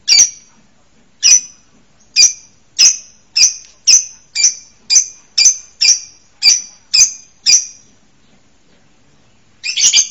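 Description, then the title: Bird song: sharp, high chip notes repeated about twice a second in a steady run of around a dozen, then a pause and a brief burst of rapid notes. Labelled as masteran material. "LuckyBurung MasteranBest"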